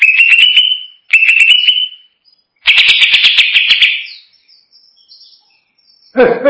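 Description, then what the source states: Greater green leafbird giving two clear whistled phrases, then a fast buzzy trill of chips, followed by quiet and a brief harsh noise at the close. Champion bird singing.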